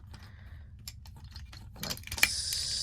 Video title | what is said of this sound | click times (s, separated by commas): Transformers ROTF Hunt For The Decepticons Voyager Class Optimus Prime Review!?! | so till you hear a click. | 2.2 s